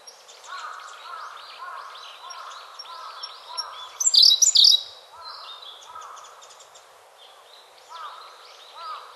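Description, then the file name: Siberian blue robin song: one loud, rapid, rattling phrase near the middle, high-pitched and under a second long, over a steady chorus of softer birds. Recorded 27 April 2008. "koruri 080427"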